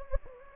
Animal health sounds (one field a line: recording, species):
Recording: mosquito wingbeat signal from an infrared sensor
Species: Anopheles gambiae